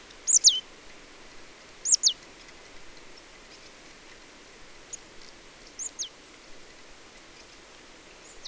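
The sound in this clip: Marsh tit giving short high call notes, sharp descending chips mostly in pairs, repeated at irregular intervals.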